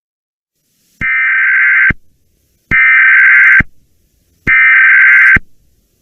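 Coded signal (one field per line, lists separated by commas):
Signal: Emergency Alert System (SAME) tones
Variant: header bursts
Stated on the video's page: Weather radio EAS alerts relayed through online radio, main source on 162.475 MHz.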